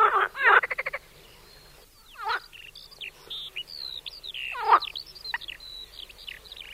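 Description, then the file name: Marsh frog giving one loud rattling croak at the start, followed by a scatter of thin whistled sweeps and chirps. Heard in a sound installation. "martin zet zaby. skokan skrehotavy"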